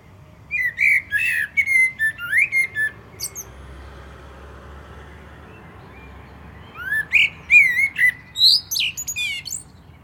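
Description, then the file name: Common blackbird song: two melodious warbling phrases, each of mellow whistles ending in high scratchy twitters, with a long pause between. "Turdus merula"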